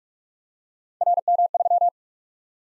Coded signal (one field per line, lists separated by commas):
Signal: Morse code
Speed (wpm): 44 wpm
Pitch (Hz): 700 Hz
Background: none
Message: RM3